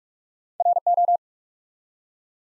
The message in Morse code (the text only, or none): RO